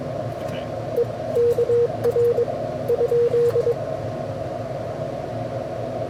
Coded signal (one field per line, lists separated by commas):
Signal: Morse code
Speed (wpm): 22 wpm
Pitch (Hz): 480 Hz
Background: speech, radio noise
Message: EKR ?